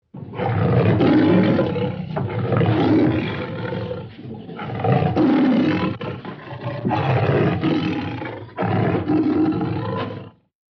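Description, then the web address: Tiger growling in deep, harsh, rasping bouts of a second or two, several bursts separated by short pauses. Vicious tiger growls. "SFXSource AOS Tiger Growls Viscious"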